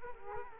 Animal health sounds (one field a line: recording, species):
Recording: mosquito wingbeat signal from an infrared sensor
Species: Culex quinquefasciatus